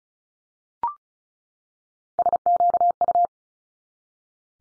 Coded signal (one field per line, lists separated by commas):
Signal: Morse code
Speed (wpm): 36 wpm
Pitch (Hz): 700 Hz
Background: none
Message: SQU